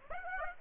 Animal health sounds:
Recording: mosquito wingbeat signal from an infrared sensor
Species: Aedes aegypti

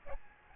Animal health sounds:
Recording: mosquito wingbeat signal from an infrared sensor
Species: Aedes albopictus

